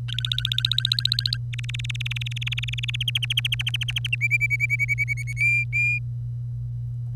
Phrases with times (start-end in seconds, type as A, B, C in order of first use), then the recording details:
0.08-1.37 A, 1.53-2.96 B, 3.00-4.15 C, 4.21-5.33 D, 5.36-5.99 E. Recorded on 25 April 2018 at 06:10. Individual llb3